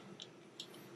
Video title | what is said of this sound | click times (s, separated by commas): Build the BTTF DeLorean - Fanhome vs. Lego - Issues 41-44 | in fact once you get it on there and you push it you hear like a little click so you're good | 0.6 s